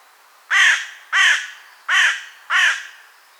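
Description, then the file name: Carrion crow giving four harsh, hoarse caws in quick succession, each short and rasping, with no other clear sounds. "Corvus corone"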